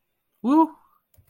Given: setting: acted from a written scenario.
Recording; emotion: vocal sound without words; amusement